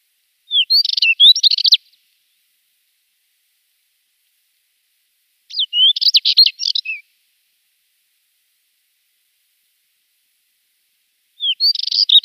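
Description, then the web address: Spectacled warbler giving short jumbled high twittering phrases, one every five to six seconds, with long silent gaps between; nothing else heard. "Schulze Peter Spectacled Warbler song"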